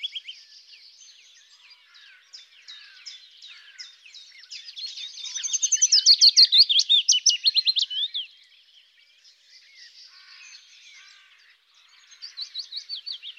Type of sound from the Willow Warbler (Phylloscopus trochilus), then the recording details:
song. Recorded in the wild. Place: Flögelner See, Schleswig-Holstein, DE. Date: 1999-05-10. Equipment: MiniDisc Sony MZ-R35, Telinga DAT, Telinga-Parabolspiegel. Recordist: Schwarz, Dieter